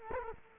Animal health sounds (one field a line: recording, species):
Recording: mosquito wingbeat signal from an infrared sensor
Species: Culex quinquefasciatus